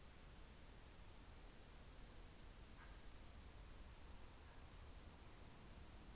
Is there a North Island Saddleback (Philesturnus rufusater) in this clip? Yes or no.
no